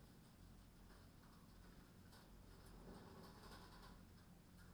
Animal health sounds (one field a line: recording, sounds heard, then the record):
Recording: poultry house recording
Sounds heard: no chicken sound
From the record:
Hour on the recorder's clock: 23